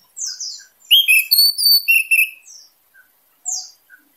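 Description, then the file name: Orange-headed thrush song: high downslurred notes, then a loud, rich phrase of stacked sharp whistles and trills, followed by a few soft scattered notes. Singing in teler style, described as gacor and dor, actively and loudly singing. "suara anis merah teler gacor dor"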